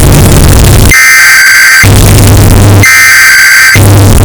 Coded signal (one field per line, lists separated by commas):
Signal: Emergency Alert System (SAME) tones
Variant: header bursts